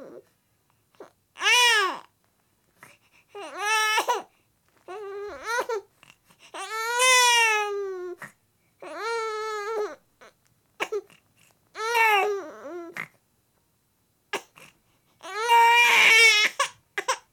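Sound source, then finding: Infant. Infant crying.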